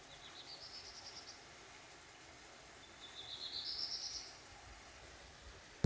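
Black redstart calling, a quick series of high ticking notes, then a longer scratchy rising phrase, with a sharp click at the end.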